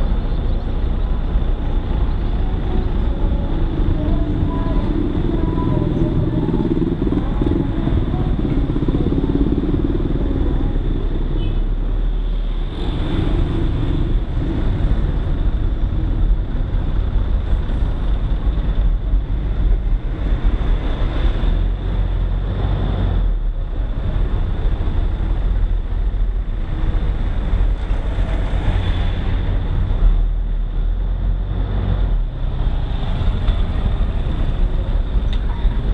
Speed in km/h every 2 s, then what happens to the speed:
22, 19, 17, 16, 16, 18, 18, 17, 13, 9, 12, 13, 12, 10, 10, 12, 11, 8.
0-6 slows to 16. 6-13 steady at about 16. 13-17 slows to 9. 17-36 steady at about 11.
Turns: none.